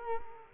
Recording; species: mosquito wingbeat signal from an infrared sensor; Culex quinquefasciatus